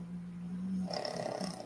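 A steady low-pitched buzzing drone lasts under a second, then gives way to a rougher, breathier rasp as the breath continues. A single snore from a sleeping dog, heard over quiet room noise.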